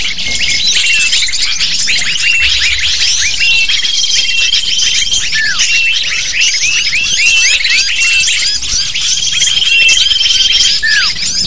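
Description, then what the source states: Lovebirds chattering in a dense flock, a steady stream of shrill, high chirps and squeaks overlapping without pause, with occasional thin sustained whistle tones. Lovebird calls used as a lure to attract lovebirds.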